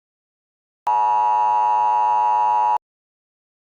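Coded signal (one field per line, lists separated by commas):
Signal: Emergency Alert System (SAME) tones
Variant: 853 and 960 Hz attention tone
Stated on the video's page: Fake, fictional EAS mockup that contains valid EAS tones.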